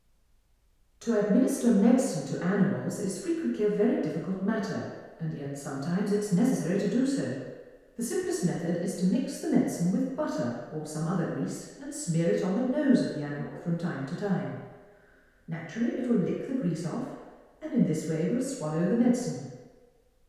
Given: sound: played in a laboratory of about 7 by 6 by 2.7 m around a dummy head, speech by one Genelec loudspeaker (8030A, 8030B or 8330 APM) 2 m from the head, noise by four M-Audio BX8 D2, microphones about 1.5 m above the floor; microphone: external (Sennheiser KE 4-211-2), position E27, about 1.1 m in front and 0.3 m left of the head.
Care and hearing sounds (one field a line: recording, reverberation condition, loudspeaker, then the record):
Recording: female speech in English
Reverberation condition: high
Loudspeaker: 60 degrees to the right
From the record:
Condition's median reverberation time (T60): about 1300 ms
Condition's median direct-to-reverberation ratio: about -4.0 dB